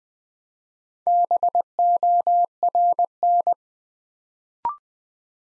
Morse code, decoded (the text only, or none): BORN